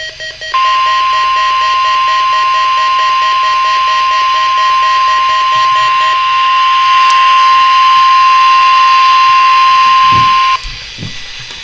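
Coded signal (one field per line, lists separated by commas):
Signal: Emergency Alert System (SAME) tones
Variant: 1050 Hz attention tone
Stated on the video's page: Required Weekly Test from weather radio station.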